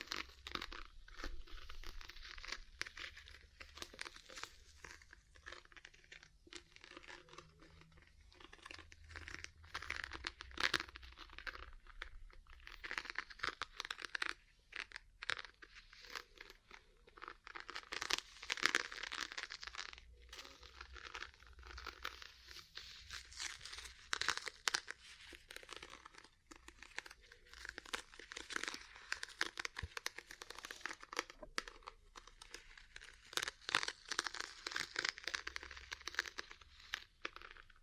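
Ear cleaning and massage sounds: dense, crinkly rubbing and scratching that runs without pause for the whole stretch, bright and hissy, with frequent sharp taps and crackles. Loudness swells and dips every few seconds, and a soft low rumble sits underneath.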